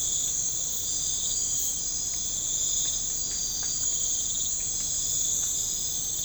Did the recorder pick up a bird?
no